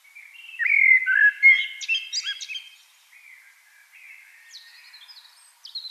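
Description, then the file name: Eurasian blackbird song: a loud flowing whistled phrase with scratchy high twitters, then faint thin notes afterward. "Turdus merula"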